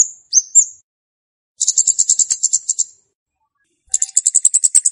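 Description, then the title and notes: Flowerpecker song: two thin slurred whistles, then two quick, high rattling trills separated by a silent pause. Song used as a lure for trapping birds. "Kicau Untuk Pancing Burung Kemade ( Cabe Cabean). Suara Burung Cabe Cabean Pikat"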